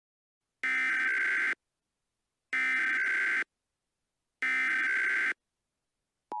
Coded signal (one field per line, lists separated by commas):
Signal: Emergency Alert System (SAME) tones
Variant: header bursts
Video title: EAS Mock Scenario: Easter Bunny Rampage